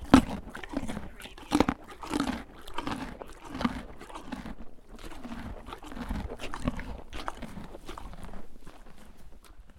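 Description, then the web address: Horse eating a carrot, loud crunching and chewing bites repeating throughout. Horse munching a carrot. "lynne-publishing Horse eating munching carrot"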